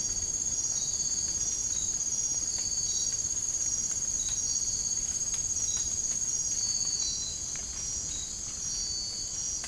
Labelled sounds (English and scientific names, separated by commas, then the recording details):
none
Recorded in dense forest near Puerto Asís, Putumayo, Colombia, on 27 June 2025 at 02:00
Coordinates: 0.503, -76.323
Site G059